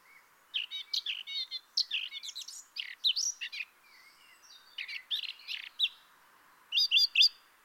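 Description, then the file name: Eurasian blackcap song, hurried phrases of chattering and whistled notes, broken by short pauses. "Sylvia atricapilla"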